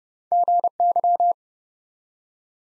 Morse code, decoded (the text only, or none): GY